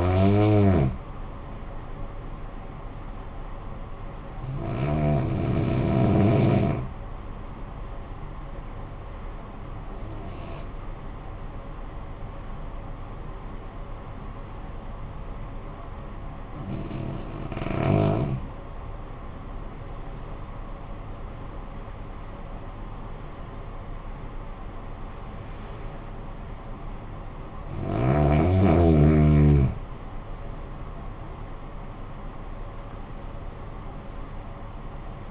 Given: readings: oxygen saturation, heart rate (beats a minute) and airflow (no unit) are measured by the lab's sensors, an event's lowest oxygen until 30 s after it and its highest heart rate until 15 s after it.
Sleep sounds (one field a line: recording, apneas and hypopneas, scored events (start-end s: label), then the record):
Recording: breathing in sleep by a smartphone at the bedside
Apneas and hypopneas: 1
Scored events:
4.00-19.10 s: hypopnea (N2, oxygen 94% highest, then 87% lowest, heart rate 55 at the start, 68 highest)
17.00-35.31 s: new sleep stage, N1 (lightest sleep)
From the record:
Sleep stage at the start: N2 (light sleep)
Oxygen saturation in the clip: 88 to 94%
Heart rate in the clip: 50 to 68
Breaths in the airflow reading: 6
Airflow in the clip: -16.9 to 14.3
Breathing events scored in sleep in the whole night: 445 in 7.6 hours asleep